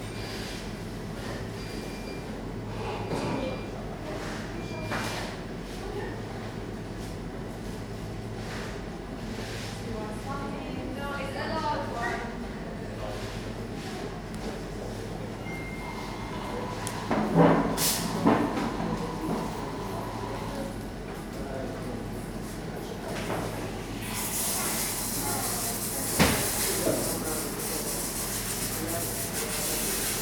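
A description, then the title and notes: Coffee shop murmur with a steady low hum, scattered clinks and voices, a sharp clatter near eighteen seconds, and hissing rain swelling after twenty-four. Coffee shop, part 1. Captured in a coffee shop on a dark evening, rain is falling outside.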